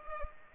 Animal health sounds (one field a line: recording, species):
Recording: mosquito wingbeat signal from an infrared sensor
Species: Culex pipiens